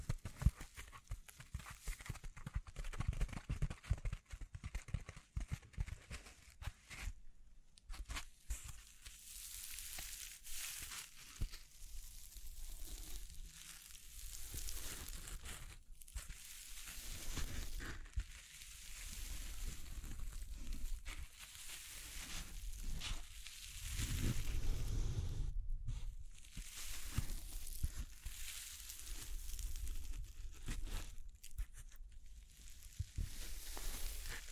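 Tapping, scratching and brushing sounds with crinkles run through the whole recording, dense and uneven, with bright hissy strokes and soft low thumps. Short silent gaps break it up around 7, 16, 26 and 31 seconds, and a louder rubbing stretch builds near 25 seconds.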